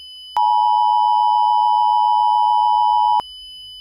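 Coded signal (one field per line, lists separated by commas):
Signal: Emergency Alert System (SAME) tones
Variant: 853 and 960 Hz attention tone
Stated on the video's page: Fictional EAS scenario about a virus; simulated, not a real alert.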